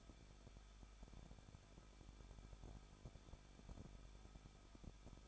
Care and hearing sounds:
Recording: daily activity, microphone in the room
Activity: no activity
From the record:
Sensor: 5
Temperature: 20.8 degrees Celsius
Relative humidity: 38.3%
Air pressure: 1006.6 hPa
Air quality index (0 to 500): 187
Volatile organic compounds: 18 ppm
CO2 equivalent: 2613 ppm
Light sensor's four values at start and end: 2/3/1/1 and 2/3/1/1

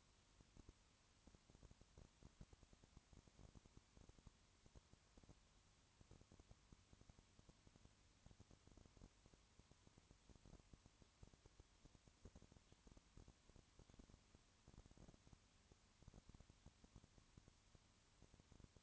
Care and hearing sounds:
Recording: daily activity, microphone in the room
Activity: no activity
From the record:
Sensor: 3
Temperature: 20.5 degrees Celsius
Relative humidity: 34.6%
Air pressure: 1001.0 hPa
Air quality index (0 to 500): 195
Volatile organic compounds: 6 ppm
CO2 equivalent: 1853 ppm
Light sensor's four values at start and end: 2/3/2/2 and 2/3/2/2

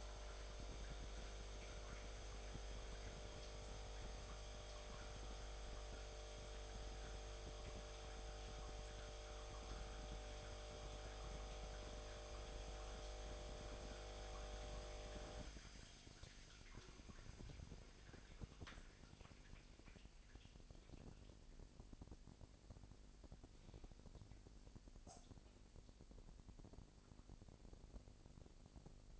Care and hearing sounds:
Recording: daily activity, microphone in the room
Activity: make coffee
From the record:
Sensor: 5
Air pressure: 1007.4 hPa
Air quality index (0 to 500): 127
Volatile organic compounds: 1 ppm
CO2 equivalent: 964 ppm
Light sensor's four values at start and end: 29/67/27/29 and 28/65/27/28

